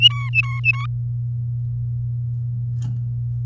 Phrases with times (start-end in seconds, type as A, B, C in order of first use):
0.00-0.86 A